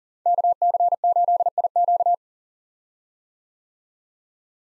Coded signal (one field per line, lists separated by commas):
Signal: Morse code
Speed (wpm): 40 wpm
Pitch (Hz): 700 Hz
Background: none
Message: KC8IQ